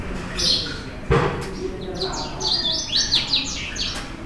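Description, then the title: House bunting song: a brief chirp and a soft thud, then a fast run of buzzy, downslurred notes. Close house buntings sitting on house roofs in the Fez medina, Morocco, in the morning; recorded on a Sony PCM-D100 with internal mics. "Rue Talaa Sghira, Fes , Morocco - House buntings in Fez medina"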